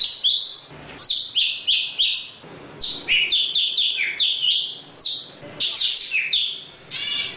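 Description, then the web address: Java sparrow song of bright, slurred whistled notes, mostly descending, delivered in quick phrases with short pauses and a few sharp chirps in between. "tieng chim thanh tuoc hot. tieng dong vat"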